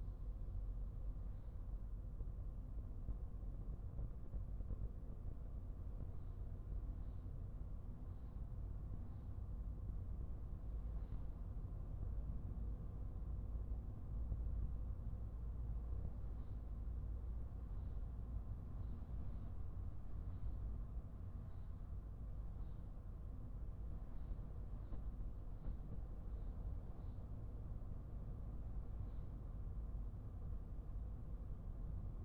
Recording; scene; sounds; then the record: everyday scene through a hearing-aid microphone; in a vehicle; engine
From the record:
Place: Skoda Fabia, gasoline engine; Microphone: behind the ear, right, front